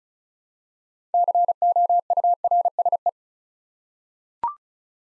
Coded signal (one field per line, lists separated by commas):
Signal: Morse code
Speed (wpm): 36 wpm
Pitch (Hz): 700 Hz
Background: none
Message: COURSE